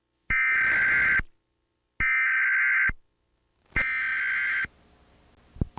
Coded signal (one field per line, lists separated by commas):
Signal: Emergency Alert System (SAME) tones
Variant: header bursts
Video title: 10/25/1995 EAS Alert - Domestic Explosion Incident